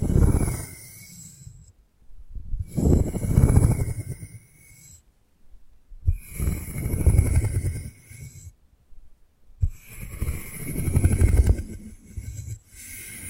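Ear picking with props comes in four dense scratchy, rumbling bursts, each about two seconds, separated by near-silent gaps, with a thin high ring.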